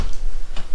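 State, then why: Not seated. A snap-lock vinyl/laminate floor plank is handled and fitted against the previous row on a bathroom floor. There is a steady low rumble, with brief brighter rustling bursts near 0.1 s and 0.6 s. The plank has not snapped in place yet, and nothing has seated or clicked.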